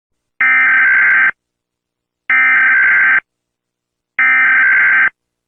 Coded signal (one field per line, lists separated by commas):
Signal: Emergency Alert System (SAME) tones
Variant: header bursts